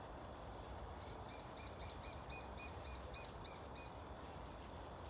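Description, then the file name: Lesser spotted woodpecker calling, a thin, high series of about a dozen evenly spaced kee notes over three seconds, over a steady low background rumble. Recorded on 17 April 2018. "Dendrocopos minor 17042018"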